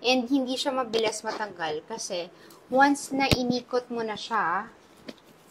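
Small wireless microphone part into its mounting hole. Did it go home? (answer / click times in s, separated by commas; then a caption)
no / none. A small wireless microphone part is being handled for pushing into its mounting hole and twisting to lock. Someone talks throughout, and a brief soft tap is heard near the end. Nothing has seated or clicked yet.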